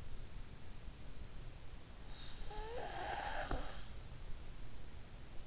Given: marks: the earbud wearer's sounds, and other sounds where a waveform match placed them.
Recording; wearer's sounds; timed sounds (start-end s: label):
sounds in sleep by an in-ear microphone; snoring breath
2.59-4.27 s: snoring breath